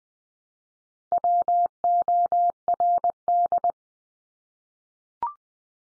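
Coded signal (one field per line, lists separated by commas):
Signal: Morse code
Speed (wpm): 20 wpm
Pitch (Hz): 700 Hz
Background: none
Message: WORD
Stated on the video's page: Head-copy drill of the 100 most common English words at 20 wpm, each word sent three times, then sent again.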